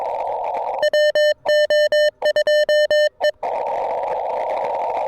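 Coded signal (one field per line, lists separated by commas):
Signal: Morse code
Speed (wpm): 22 wpm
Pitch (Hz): 3000 Hz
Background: music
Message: WO2E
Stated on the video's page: Amateur radio CW heard while DX hunting near solar minimum.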